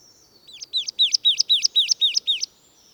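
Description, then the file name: Marsh tit call series: about nine paired notes, each a high click plus a falling slurred whistle, repeated rapidly and evenly for two seconds. "Poecile palustris"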